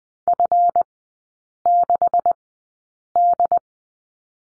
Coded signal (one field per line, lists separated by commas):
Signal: Morse code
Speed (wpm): 20 wpm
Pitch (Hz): 700 Hz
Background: none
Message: F6D